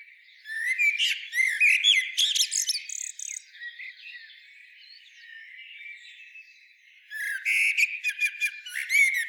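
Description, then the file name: Common blackbird song: a burst of warbled notes and shrill squeaks, a quiet pause with faint birdsong behind, then another lively squeaky phrase at the end. "Turdus merula"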